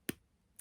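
A rivet cap is pressed onto a rivet post through a hole in faux leather, and it clicks into place at 0.1 s with a sharp, bright snap. A fainter, thinner click follows at about 0.6 s. The cap is seated on the post.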